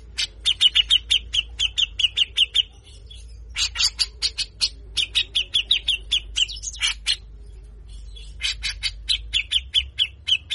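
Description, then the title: Grey-cheeked bulbul chattering in repeated runs of scratchy, buzzy notes at a brisk pace, separated by short pauses. Training song for songbird keepers: harsh 'besetan kasar' song, meant to get a cucak jenggot to sing readily (gacor). "MASTERAN CUCAK JENGGOT GACOR FULL BESETAN KASAR. Jenggot Bahan Cepat Gacor hanya Dengar Besetanya"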